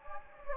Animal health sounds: mosquito wingbeat signal from an infrared sensor; Anopheles gambiae

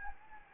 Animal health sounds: mosquito wingbeat signal from an infrared sensor; Anopheles gambiae

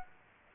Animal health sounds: mosquito wingbeat signal from an infrared sensor; Aedes aegypti

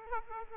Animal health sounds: mosquito wingbeat signal from an infrared sensor; Aedes aegypti

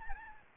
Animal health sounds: mosquito wingbeat signal from an infrared sensor; Aedes albopictus

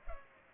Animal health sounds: mosquito wingbeat signal from an infrared sensor; Culex pipiens

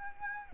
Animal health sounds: mosquito wingbeat signal from an infrared sensor; Aedes aegypti

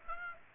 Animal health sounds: mosquito wingbeat signal from an infrared sensor; Aedes aegypti

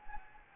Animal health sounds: mosquito wingbeat signal from an infrared sensor; Anopheles gambiae

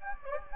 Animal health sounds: mosquito wingbeat signal from an infrared sensor; Anopheles gambiae

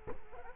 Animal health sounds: mosquito wingbeat signal from an infrared sensor; Culex quinquefasciatus

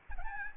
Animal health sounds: mosquito wingbeat signal from an infrared sensor; Aedes albopictus

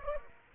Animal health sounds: mosquito wingbeat signal from an infrared sensor; Aedes aegypti

